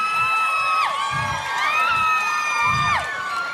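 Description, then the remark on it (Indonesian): A crowd screams and cheers continuously, with many high-pitched shrieking voices swooping up and down over a steady, loud roar of excited shouting. “Kok itu yang kumisan juga teriak sih?”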